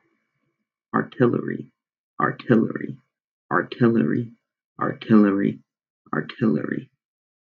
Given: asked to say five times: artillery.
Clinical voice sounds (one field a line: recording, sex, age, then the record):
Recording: repeated word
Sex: male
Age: 20 to 29 years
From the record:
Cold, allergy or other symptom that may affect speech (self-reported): no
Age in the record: 23 years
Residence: Pennsylvania, United States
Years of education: 16